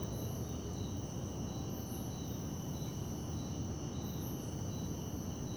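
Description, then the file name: Crickets keep up continuous high trills with rhythmic pulsed bursts, while a broad low rumble fills the background. At night in Beija Flor park. "Ambiencia parque beija flor a noite com grilos, passos na grama, aviao passando e depois transito longe"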